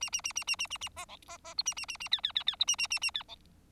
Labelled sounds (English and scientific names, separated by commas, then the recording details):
Bengalese Finch (Lonchura striata domestica) song
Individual Bird4